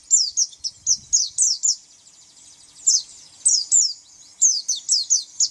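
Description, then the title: White-eye song, high thin downslurred chirps in short clusters separated by brief silences. "Pleci"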